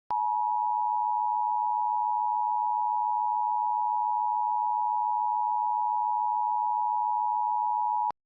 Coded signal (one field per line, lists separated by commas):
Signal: Emergency Alert System (SAME) tones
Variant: 853 and 960 Hz attention tone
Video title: EAS Scenario - The Carolina Ejection (REUPLOAD)